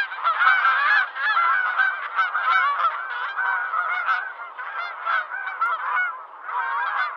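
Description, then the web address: Goose: wild geese calls: a dense chorus of overlapping nasal honks and yelps from many birds, continuous and loud throughout. Wild geese calling in flight. "les sons des oies sauvages en vol"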